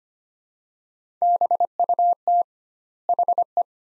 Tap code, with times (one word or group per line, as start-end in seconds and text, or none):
none